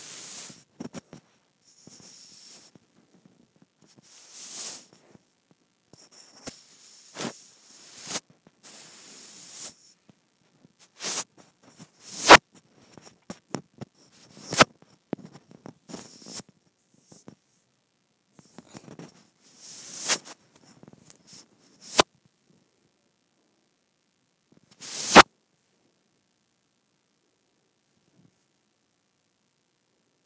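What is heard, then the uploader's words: A microphone is rubbed against skin in uneven bursts of dry scraping and brushing, some with a hissy top edge. Sharp knocks punctuate it around 12, 15, 22 and 25 seconds, with quiet gaps between strokes, and the last few seconds fall nearly silent. ASMR Rubbing Microphone on my Skin.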